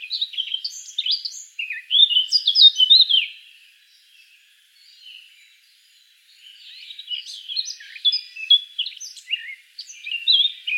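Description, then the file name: Eurasian blackcap song: a loud, rich warbling phrase of quick varied notes, a quieter pause around four seconds, then a second rapid warbled burst. "Sylvia atricapilla"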